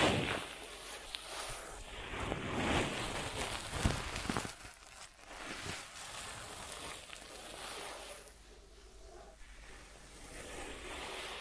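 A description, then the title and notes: An ASMR ear treatment made of dense, crackly rustling and scratching that fills the first half with quick bursts around the second and fourth seconds. After about five seconds it thins into a softer, steady hiss with lighter scraping. ASMR 3D Brain Penetrating Ear Treatment.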